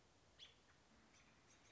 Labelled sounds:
American Robin (Turdus migratorius)
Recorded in Sonoma County, California

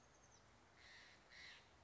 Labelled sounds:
Chestnut-backed Chickadee (Poecile rufescens)
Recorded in Sonoma County, California

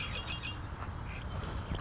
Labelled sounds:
Red-winged Blackbird (Agelaius phoeniceus)
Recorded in Sonoma County, California

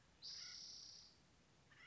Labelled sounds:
Acorn Woodpecker (Melanerpes formicivorus)
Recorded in Sonoma County, California

